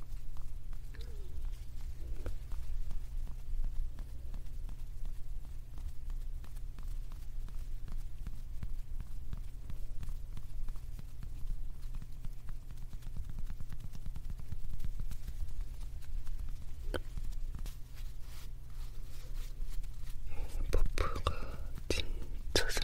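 Puffs and pouches being handled: soft rustles and small, tapping clicks scattered steadily through the clip over a constant low hum. Near the end, around twenty seconds, the handling grows busier with a brighter burst of crinkly rubbing and taps.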